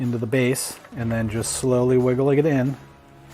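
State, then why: Not seated. A flash tube with three prongs is lined up with the base of a 1600-joule broncolor studio flash lamp head and slowly wiggled in by hand while someone talks. No distinct handling noise stands out, and the sound drops to quiet room tone near the end. Nothing has seated or clicked yet.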